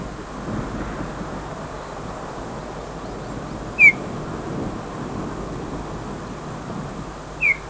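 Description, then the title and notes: White-tailed kite whistles, two short, sharp descending notes about four seconds apart over a steady low background rumble. Most common call is a short, soft whistle. "Museo de Ciencias de Bahía Blanca. Milano Blanco (Elanus leucurus) Su vocalización más común es un silbido corto y suave"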